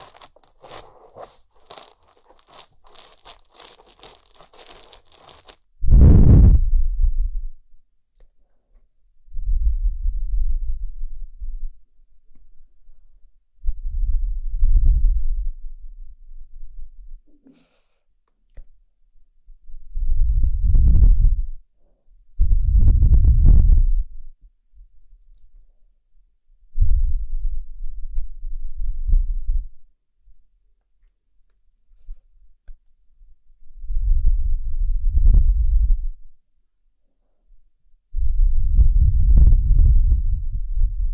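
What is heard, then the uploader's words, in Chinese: Ear cleaning with a fluffy bonten. It opens with about six seconds of fine crackling ticks, then settles into muffled, low rubbing swishes, each lasting a second or two, returning every three to four seconds with quiet gaps between. 梵天掏耳。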